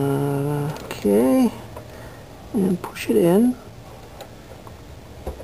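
Someone talks while a crimped pin is pushed into a connector housing, with a few faint, brief handling ticks around 1.8, 4.2, 4.7 and 5.3 seconds. The pin is still being handled and nothing has seated or clicked into the housing yet.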